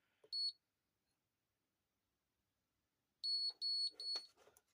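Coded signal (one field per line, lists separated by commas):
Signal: beep code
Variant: electronic safe lock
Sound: high-pitched electronic beeps, one alone then a quick run, with keypad clicks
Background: small room, keypad clicks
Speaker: Okay, so we've got the 3 beeps.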